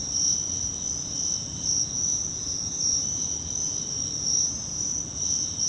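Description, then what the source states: Crickets chirping steadily, a bright high-pitched trill that never stops, over quiet low background noise. Crickets, more than one, in Virginia.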